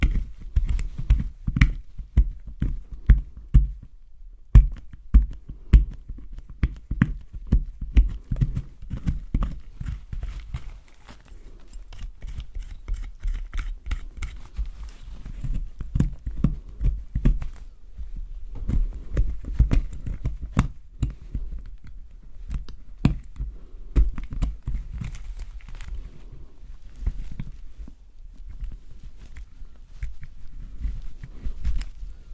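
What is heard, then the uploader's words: Soap being carved, with a steady run of short crisp cuts and scrapes repeating every fraction of a second across the clip. The cuts are mostly low and dull with some brighter edges, slightly softer and denser after about ten seconds. ASMR Soap Carving. Relaxing soap cutting sounds.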